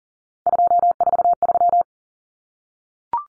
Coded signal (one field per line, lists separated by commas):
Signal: Morse code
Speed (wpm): 40 wpm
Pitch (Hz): 700 Hz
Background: none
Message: 243